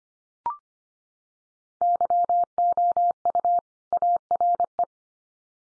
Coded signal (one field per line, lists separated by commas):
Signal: Morse code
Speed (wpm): 25 wpm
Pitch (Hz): 700 Hz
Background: none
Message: YOU ARE